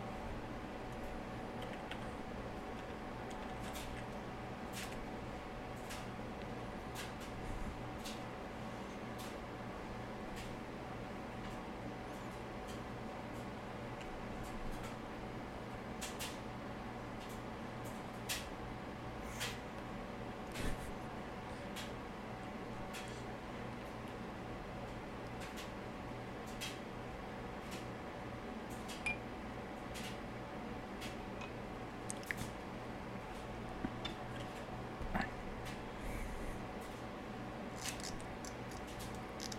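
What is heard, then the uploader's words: Room ambience with a steady low hum running throughout, carrying a few fixed tones. Scattered sharp clicks and clacks break in irregularly every few seconds, a little louder near 20 and 35 seconds, over a constant, dense background murmur. ASMR Room Ambiance at Kyle's House. Complete with sounds of laundry, clicking, clacking and relaxation.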